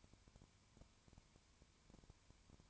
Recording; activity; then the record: daily activity, microphone in the room; no activity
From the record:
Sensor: 2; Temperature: 19.9 degrees Celsius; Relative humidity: 32.2%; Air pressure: 1001.1 hPa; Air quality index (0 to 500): 54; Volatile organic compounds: 1 ppm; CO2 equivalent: 601 ppm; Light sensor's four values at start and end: 2/3/2/2 and 2/3/2/2